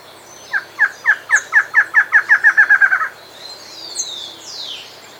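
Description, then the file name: Bird calling a rapid series of many sharp downslurred notes that quicken and crowd together, followed by thin high whistling. "SABIOD 50 bird 2015"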